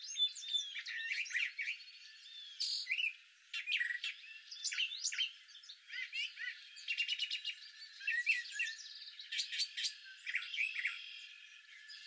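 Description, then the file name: Brown thrasher song made of assorted whistled, rasping and chattering phrases, continuing steadily throughout. Recorded 17 April 2019. "BRTH-song 4-17-19"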